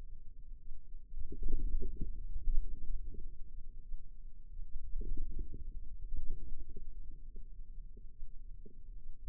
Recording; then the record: forearm muscle sounds (acoustic myography)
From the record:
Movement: inward rotation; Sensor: system 2, bracelet of six BSWA MPA416 microphones around the upper forearm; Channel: 3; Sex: female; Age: 22 years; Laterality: right